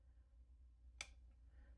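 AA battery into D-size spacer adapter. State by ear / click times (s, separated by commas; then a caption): seated / 1.0 s. An AA rechargeable battery is pushed into a D-size battery spacer adapter, giving one short, sharp click at 1.0 s over a quiet, steady low hum. The battery seats and locks in.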